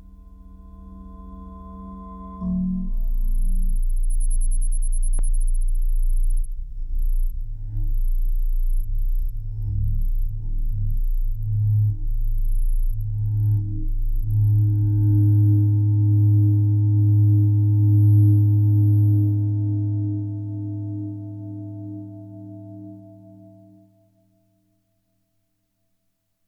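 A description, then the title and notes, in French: A soft, low drone hums and purrs, stepping up in loudness near the start and pulsing unevenly through the middle before swelling into a fuller, steady tone. A faint, thin chirping glimmers high above, near 10 kHz. Everything fades out just before the end. Un doux drone bourdonne en ronron, un bruit blanc s'effiloche en bruissement, des gazouillis naissent autour d'un 10 kHz.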